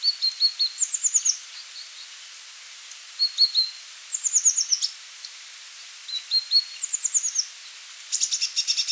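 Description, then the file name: Eurasian blue tit calls: high, thin descending note series alternating with a slightly lower run of short notes, ending in a harsh, buzzy churring burst. "Cyanistes caeruleus"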